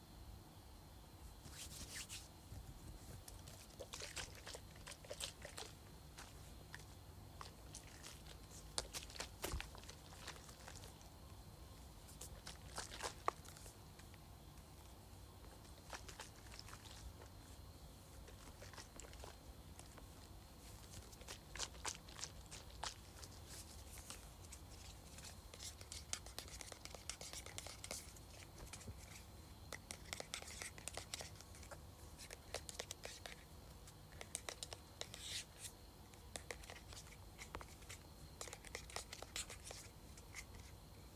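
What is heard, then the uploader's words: A spray bottle is handled: scattered rattling knocks and taps from shaking, clustered around 2–5, 9–13, and 27–37 seconds, with short bright hissing bursts among them. A steady low hum sits underneath throughout. ASMR Shaking and Spraying Spray Bottle.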